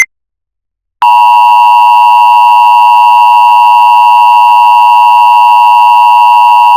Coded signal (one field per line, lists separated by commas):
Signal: Emergency Alert System (SAME) tones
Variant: 853 and 960 Hz attention tone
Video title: EAS Scenario 1 - Lost In Silence